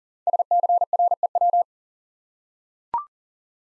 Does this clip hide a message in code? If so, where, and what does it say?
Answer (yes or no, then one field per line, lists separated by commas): yes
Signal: Morse code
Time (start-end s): 0.3-1.6 s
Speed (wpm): 40 wpm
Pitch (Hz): 700 Hz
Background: none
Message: SCREW